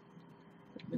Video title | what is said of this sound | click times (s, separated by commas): #15.1 - Happy New Year - 2nd January 2015 | there they just snap into place that's it it's going dead easy | 0.8 s